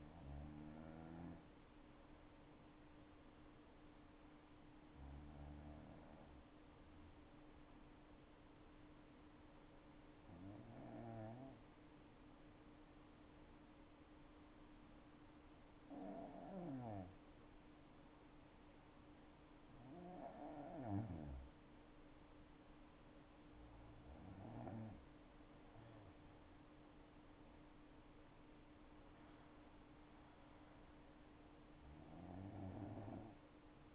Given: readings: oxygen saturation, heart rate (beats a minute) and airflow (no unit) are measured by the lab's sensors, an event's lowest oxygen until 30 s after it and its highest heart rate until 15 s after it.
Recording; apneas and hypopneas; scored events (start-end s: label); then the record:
breathing in sleep by a voice recorder at the bedside; none
none scored
From the record:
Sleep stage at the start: N2 (light sleep); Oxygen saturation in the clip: 94 to 95%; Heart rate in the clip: 60 to 73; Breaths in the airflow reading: 8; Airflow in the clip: -6.5 to 9.3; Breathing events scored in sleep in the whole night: 228 in 5.4 hours asleep